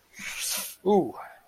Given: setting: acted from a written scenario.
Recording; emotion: vocal sound without words; embarrassment